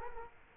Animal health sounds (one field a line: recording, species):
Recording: mosquito wingbeat signal from an infrared sensor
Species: Culex quinquefasciatus